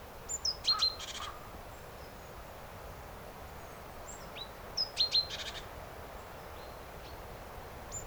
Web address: SETE data Parus major